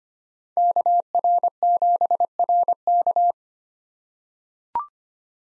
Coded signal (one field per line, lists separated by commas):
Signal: Morse code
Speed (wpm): 25 wpm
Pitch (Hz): 700 Hz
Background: none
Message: KR7RK